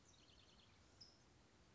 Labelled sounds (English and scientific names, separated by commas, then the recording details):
California Towhee (Melozone crissalis)
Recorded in Sonoma County, California